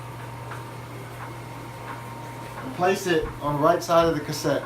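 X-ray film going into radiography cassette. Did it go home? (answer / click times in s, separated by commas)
no / none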